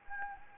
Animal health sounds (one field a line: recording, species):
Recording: mosquito wingbeat signal from an infrared sensor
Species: Anopheles gambiae